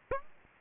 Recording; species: mosquito wingbeat signal from an infrared sensor; Aedes aegypti